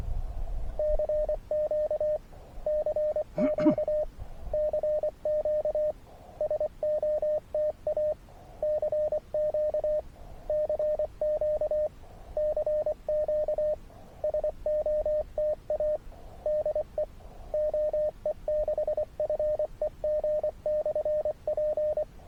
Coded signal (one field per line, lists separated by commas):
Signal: Morse code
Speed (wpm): 22 wpm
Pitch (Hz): 590 Hz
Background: radio noise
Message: CQ CQ CQ SOTA CQ CQ CQ SOTA DE OE6FEG/P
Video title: Höchstein OE/ST-334, SOTA Hike n Fly, August 21st 2023